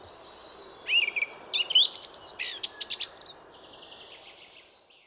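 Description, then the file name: Eurasian blackcap song: a brief rich warble of fluty, rising and falling whistled notes, then only faint notes over soft hiss. "Sylvia atricapilla"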